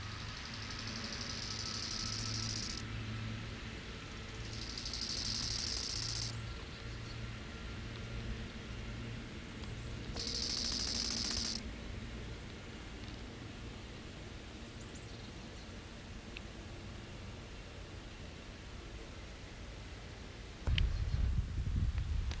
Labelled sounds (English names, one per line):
Bow-winged Grasshopper stridulation